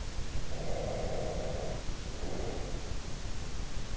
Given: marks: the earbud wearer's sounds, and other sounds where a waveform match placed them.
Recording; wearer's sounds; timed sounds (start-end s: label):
sounds in sleep by an in-ear microphone; breath
0.31-3.08 s: breath